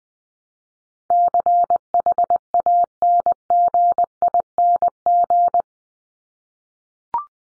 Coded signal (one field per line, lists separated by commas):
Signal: Morse code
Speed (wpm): 20 wpm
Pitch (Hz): 700 Hz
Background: none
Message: CHANGING